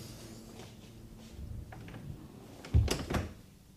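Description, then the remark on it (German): A door swings shut with a solid thump, followed by a second softer knock as it settles, after some faint shuffling and creaking beforehand, as a police commissioner comes in and closes it behind him. “Erlauben Sie, dass ich hereinkomme und dass ich die Tür wieder zumache?”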